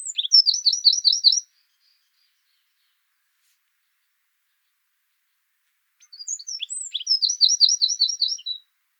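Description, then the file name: Eurasian wren singing: two short bursts of fast, high, ticking trills separated by several seconds of silence. "Troglodytes troglodytes"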